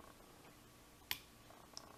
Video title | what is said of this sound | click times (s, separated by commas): [76] How To Learn The Binding Order When Picking Locks | Got a big click out of 1. | 1.1 s